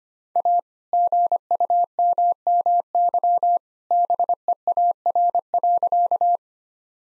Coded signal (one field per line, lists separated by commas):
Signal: Morse code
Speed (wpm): 25 wpm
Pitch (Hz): 700 Hz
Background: none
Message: A GUMMY BEAR.